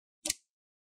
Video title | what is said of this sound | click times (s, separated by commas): How to Repaste and Clean HP 15 Db0004 Laptop - Step-by-Step Guide🧹 ✅ | now you want to push down i see you want to hear those clicks | 0.3 s